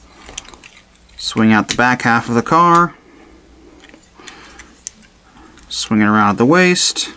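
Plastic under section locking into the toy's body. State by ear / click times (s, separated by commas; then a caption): seated / 0.4 s. During the vehicle-to-robot transformation of a plastic War for Cybertron Siege Deluxe Class Sideswipe action figure, the under section is swung out and pushed into the body, and a sharp click at 0.4 s marks it locking into place amid ratchet-like joint clicks. Someone talks between further small plastic clicks, and the section is seated.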